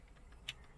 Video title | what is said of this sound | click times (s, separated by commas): Toyota Prado 2017-2021 Vhedia Head Unit Installation - X series | make sure you push it until it clicks | 0.5 s